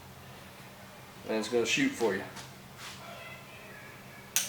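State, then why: Seated. Someone talks briefly over a steady low hum. Then, as the compound bow is drawn, its drop-away arrow rest latch re-engages its prongs with a single sharp click at 4.4 s, confirming the rest is seated and engaged.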